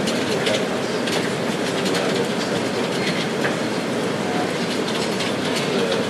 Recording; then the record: background sound without coughing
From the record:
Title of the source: Office Sounds Ambience - Background Noise for Study and Work